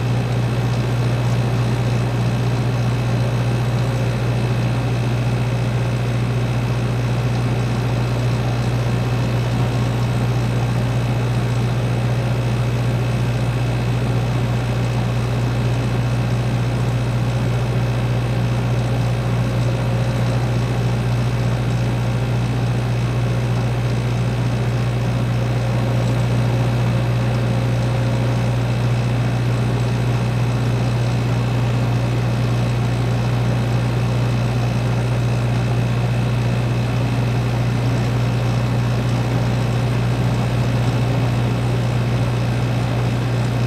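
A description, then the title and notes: A freezer motor hums without a break, its deep steady drone sitting low with a faint buzzing vibration layered above. The level never shifts across the whole stretch, and a thin, quiet whine rides high over the rumble, with no other sounds intruding. In this episode, we bring you the calming and steady white noise of an ice freezer motor. The constant hum and vibration of the motor create a soothing ambiance. The episode features a continuous loop of the ice freezer motor sound, with no interruptions or background music.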